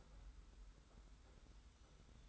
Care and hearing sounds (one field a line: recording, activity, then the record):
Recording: daily activity, microphone in the room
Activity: take from stove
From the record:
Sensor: 3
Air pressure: 991.1 hPa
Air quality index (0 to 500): 102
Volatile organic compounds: 36 ppm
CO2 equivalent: 3073 ppm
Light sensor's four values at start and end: 45/124/51/44 and 45/124/51/44